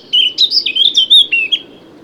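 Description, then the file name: Eurasian blackcap song phrase, a short loud run of clear fluty whistled notes lasting about a second and a half, then quiet. "Sylvia atricapilla"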